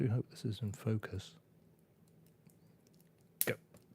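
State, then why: Seated. Someone talks for the first second or so, then a plastic part of a 1/144 Build Strike Exceed Legacy Galaxy Metaverse plastic model kit is pressed into its ball joint socket. After a few faint ticks in a quiet stretch, a sharp, loud snap rings out at 3.4 s as the joint seats into place.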